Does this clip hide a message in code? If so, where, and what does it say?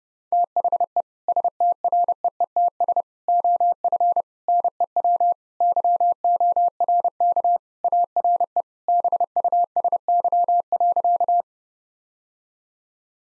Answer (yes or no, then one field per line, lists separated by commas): yes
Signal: Morse code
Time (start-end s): 0.3-11.4 s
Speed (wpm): 30 wpm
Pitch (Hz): 700 Hz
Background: none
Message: THE STREETS OF NEW YORK ARE BUSY.